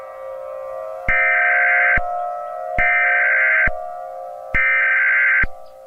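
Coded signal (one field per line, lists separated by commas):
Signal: Emergency Alert System (SAME) tones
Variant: header bursts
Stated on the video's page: Fictional EAS scenario.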